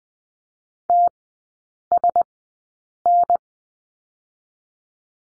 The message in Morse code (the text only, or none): T S N